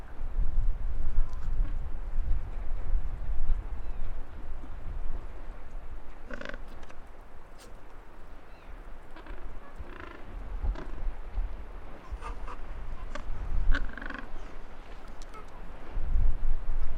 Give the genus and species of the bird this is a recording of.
Pygoscelis papua